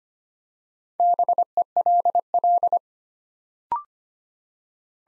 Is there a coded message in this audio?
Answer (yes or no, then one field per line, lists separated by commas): yes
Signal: Morse code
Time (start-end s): 1.0-2.8 s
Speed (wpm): 25 wpm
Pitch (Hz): 700 Hz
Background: none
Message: BELL